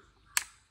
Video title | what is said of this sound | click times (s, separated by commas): Hopefully This Will Finally Fix Our Problem Here On The Farm!! | one two one more click remember | 0.4 s